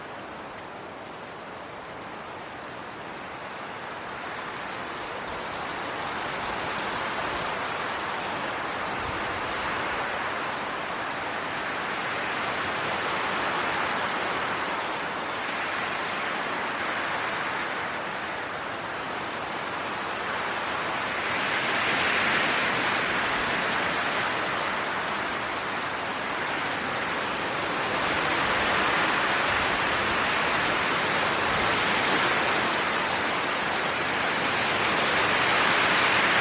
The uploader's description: Wind and forrest sounds